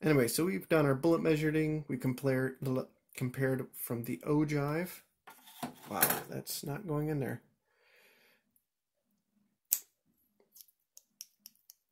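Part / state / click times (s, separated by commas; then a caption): bullet comparator insert into caliper/cartridge into comparator / seated / 9.7 s. Someone talks for about seven seconds while measuring base-to-ogive, then a metal bullet comparator insert (or cartridge) is worked into place on the caliper measuring tool. It snaps into place with a sharp click at 9.7 s, followed by a few faint, quick ticks near the end. The insert is seated.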